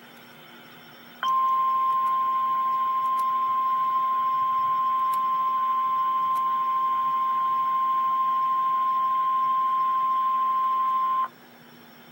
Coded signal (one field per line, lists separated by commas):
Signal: Emergency Alert System (SAME) tones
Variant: 1050 Hz attention tone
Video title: REAL EAS 832-Severe thunderstorm warning